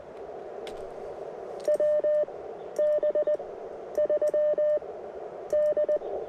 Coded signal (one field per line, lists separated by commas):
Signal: Morse code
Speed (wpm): 20 wpm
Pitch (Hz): 620 Hz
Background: radio noise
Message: WB3D